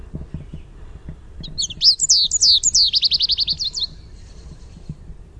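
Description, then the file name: American goldfinch contact song: one phrase of sweet, slurred whistles running into a rapid, even series of short bright notes, over soft tapping in the background. Contact song with "sweeet" notes. "AMGO contact song sweeet"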